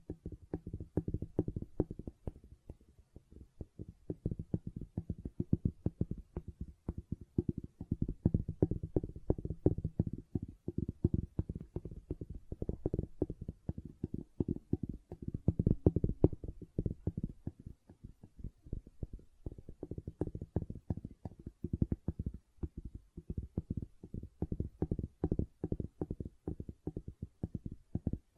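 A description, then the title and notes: Gentle silicone sounds: quick, soft squishy taps and squelches that run almost continuously, dense and irregular, sitting low and muffled with sharp little clicks on top. The pace barely slackens, apart from a brief thinning near the eighteen-second mark before it picks up again. ASMR Gentle Silicon Sounds for Sleep (No Talking).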